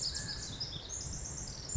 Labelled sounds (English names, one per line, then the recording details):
Pacific Wren
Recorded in Sonoma County, California